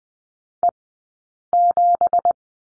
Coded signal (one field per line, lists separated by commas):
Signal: Morse code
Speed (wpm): 20 wpm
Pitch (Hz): 700 Hz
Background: none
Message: E7